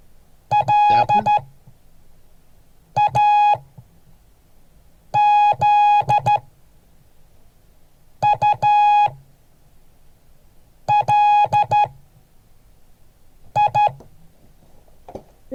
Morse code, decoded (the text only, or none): LAZULI